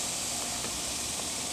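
On a 2003–2004 Cobra, the side mirror assembly and its trim are being pressed back onto the car door so the plastic clips engage, as a fix for a wobbling or shaking mirror. Only a steady, broadband hiss is heard for 1.6 seconds, with no distinct transients. Nothing has seated or clicked yet.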